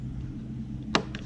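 A second plastic push clip is pressed into a CB 500 X motorcycle fairing panel against a low background hum. A sharp, loud click at 0.9 s shows the clip seating in place, followed by a softer tick at 1.1 s.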